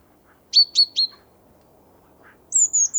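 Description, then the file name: Great tit calls: a quick run of three high, sharply downslurred notes, then after a pause three thin, very high notes. "Parus major"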